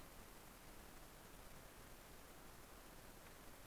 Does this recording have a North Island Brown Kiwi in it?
no